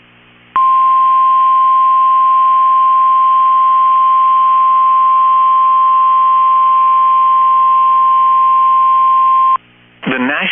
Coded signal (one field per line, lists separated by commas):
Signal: Emergency Alert System (SAME) tones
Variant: 1050 Hz attention tone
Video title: EAS #1,889 Online NOAA Weather Radio Severe T’storm Warning #4 5/15/25